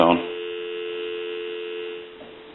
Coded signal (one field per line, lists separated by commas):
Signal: telephone call progress tone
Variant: North America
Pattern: dial tone